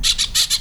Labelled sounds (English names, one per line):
Brown-throated Parakeet contact call